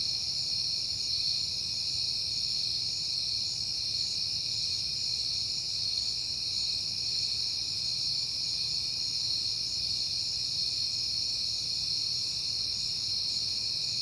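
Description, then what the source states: Cricket chorus, a shrill, unbroken wall of overlapping high chirps holding steady for the whole stretch, over a soft low hum. Crickets on a peaceful night in September.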